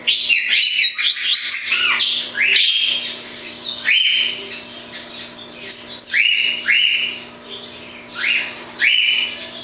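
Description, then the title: Double-collared seedeater delivering a lively song of repeated upslurred whistles and quick chirps, phrases returning every second or two, with a low hum behind. "Canto Coleiro"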